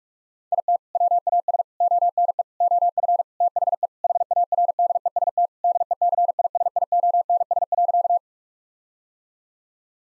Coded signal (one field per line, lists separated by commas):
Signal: Morse code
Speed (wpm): 41 wpm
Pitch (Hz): 700 Hz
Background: none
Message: IT WAS ONE OF THE HARDEST DECISIONS.